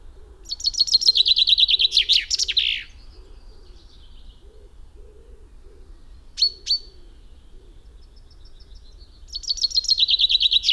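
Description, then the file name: Common chaffinch singing a rapid descending trill with a terminal flourish, a short sharp call in the quiet middle, then a second song starting near the end. "Fringilla coelebs"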